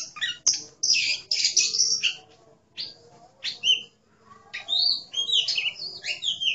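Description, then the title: Oriental magpie-robin song: loud, varied phrases of harsh rasping notes and sweet whistles, with short pauses between bursts. "Kacer5"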